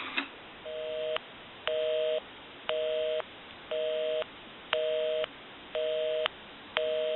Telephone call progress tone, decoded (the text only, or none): busy tone